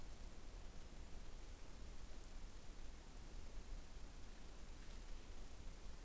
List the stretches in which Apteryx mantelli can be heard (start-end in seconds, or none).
none